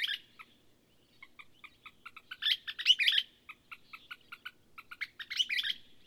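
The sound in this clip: Bird song: a series of short, clipped notes repeated several times a second, broken by louder, jumbled chattering bursts near the start, middle and end.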